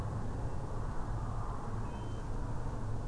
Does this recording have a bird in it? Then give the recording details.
no. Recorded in France